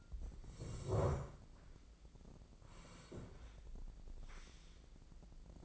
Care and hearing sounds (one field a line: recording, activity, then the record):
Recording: daily activity, microphone in the room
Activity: sit down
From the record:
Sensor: 5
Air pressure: 1012.4 hPa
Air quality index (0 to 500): 152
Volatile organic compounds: 2 ppm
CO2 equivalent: 1040 ppm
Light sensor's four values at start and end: 269/645/275/303 and 268/643/274/301